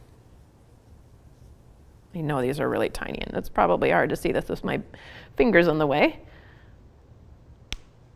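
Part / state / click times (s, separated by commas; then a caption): safety eye backing onto safety eye post / seated / 7.7 s. Someone talks while pushing the plastic washer backing onto the post of a plastic safety eye through crochet fabric. A short, sharp click sounds at 7.7 s as the backing seats onto the post.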